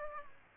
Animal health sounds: mosquito wingbeat signal from an infrared sensor; Aedes aegypti

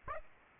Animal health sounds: mosquito wingbeat signal from an infrared sensor; Aedes aegypti

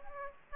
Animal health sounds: mosquito wingbeat signal from an infrared sensor; Aedes aegypti

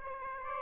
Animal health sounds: mosquito wingbeat signal from an infrared sensor; Aedes aegypti

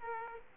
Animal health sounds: mosquito wingbeat signal from an infrared sensor; Aedes aegypti

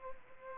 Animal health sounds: mosquito wingbeat signal from an infrared sensor; Culex pipiens

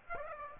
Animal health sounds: mosquito wingbeat signal from an infrared sensor; Aedes aegypti

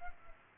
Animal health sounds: mosquito wingbeat signal from an infrared sensor; Culex pipiens

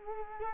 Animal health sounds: mosquito wingbeat signal from an infrared sensor; Culex quinquefasciatus

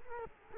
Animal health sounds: mosquito wingbeat signal from an infrared sensor; Culex quinquefasciatus

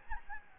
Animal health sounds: mosquito wingbeat signal from an infrared sensor; Aedes albopictus

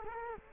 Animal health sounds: mosquito wingbeat signal from an infrared sensor; Culex quinquefasciatus

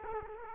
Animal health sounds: mosquito wingbeat signal from an infrared sensor; Culex quinquefasciatus

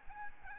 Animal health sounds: mosquito wingbeat signal from an infrared sensor; Aedes albopictus

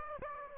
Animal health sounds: mosquito wingbeat signal from an infrared sensor; Aedes aegypti

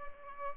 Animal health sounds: mosquito wingbeat signal from an infrared sensor; Aedes albopictus

